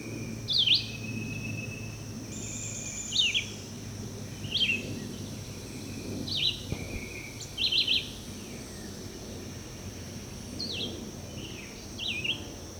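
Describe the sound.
Red-eyed vireo song: scattered short, abrupt phrases at irregular gaps, over a steady high hiss and some low rumble.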